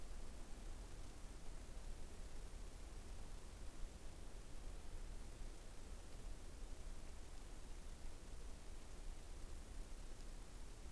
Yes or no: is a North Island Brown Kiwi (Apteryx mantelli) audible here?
no